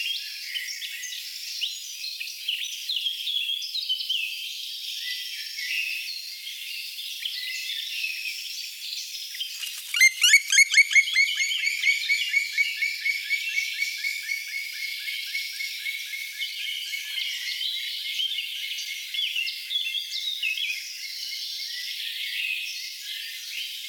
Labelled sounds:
Black Woodpecker (Dryocopus martius)

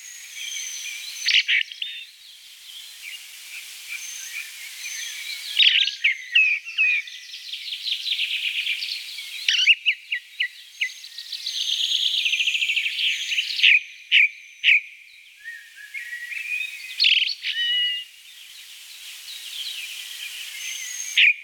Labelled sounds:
Ring Ouzel (Turdus torquatus) song

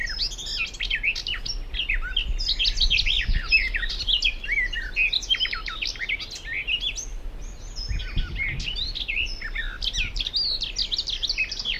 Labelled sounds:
Garden Warbler (Sylvia borin) song

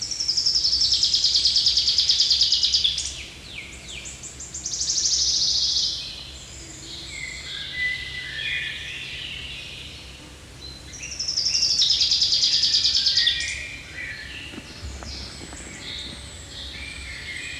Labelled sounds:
Common Chaffinch (Fringilla coelebs) song

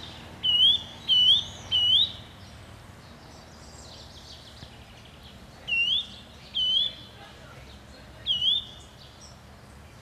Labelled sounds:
Eurasian Nuthatch (Sitta europaea) song

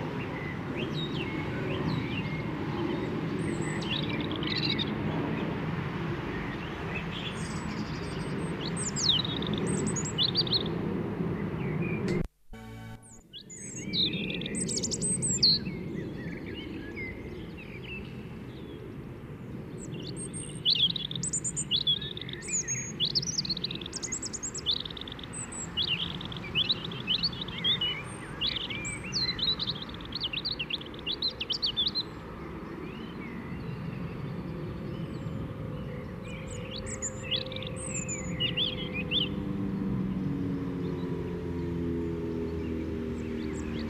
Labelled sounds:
European Robin (Erithacus rubecula) song

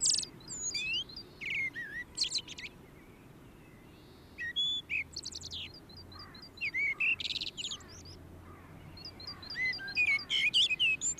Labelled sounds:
Common Blackbird (Turdus merula) song

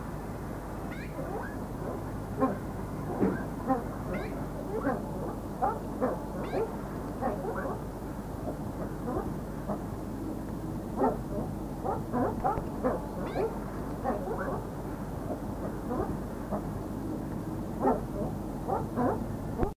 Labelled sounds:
White Eared Pheasant (Crossoptilon crossoptilon) call, Iberian Magpie (Cyanopica cooki)

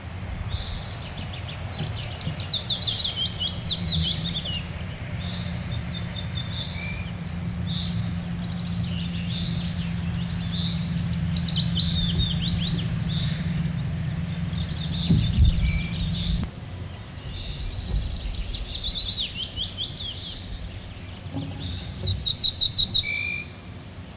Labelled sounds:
Ortolan Bunting (Emberiza hortulana) song

